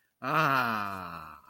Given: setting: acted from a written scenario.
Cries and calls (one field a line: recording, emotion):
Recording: vocal sound without words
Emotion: contentment